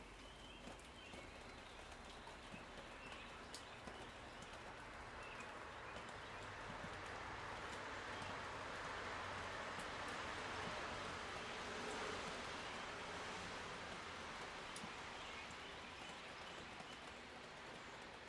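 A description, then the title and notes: Rain drops fall from the roof in scattered, irregular taps over a steady wash of noise. Midway through, a car passes, swelling from about seven seconds to a peak near twelve before fading. A low rumble runs underneath throughout. Rain drops from the roof.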